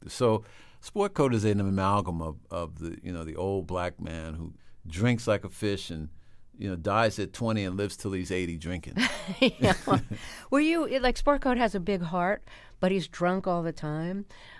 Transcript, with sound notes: So Sportcoat is an amalgam of the - you know, the old black man who drinks like a fish and, you know, dies at 20 and lives till he's 80 drinking.
(LAUGHTER)
Yeah. Were you - like, Sportcoat has a big heart, but he's drunk all the time.